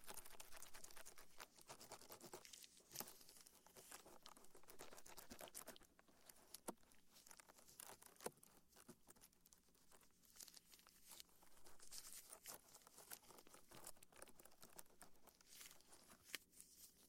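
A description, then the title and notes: Soft brushing and scratchy swab strokes right at the ear, a dense patter of light crinkling sounds that come and go in short bursts. Sharper taps land every second or so, with a quieter stretch around the middle. Immerse yourself in the soothing sounds of gentle ear brushing, careful ear cupping, and soft cotton swab strokes. The gentle, binaural audio experience.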